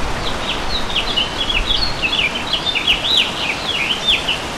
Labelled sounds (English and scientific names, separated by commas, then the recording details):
House Finch (Haemorhous mexicanus) song
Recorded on Long Island, New York, on 11 June 2012
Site OP
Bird B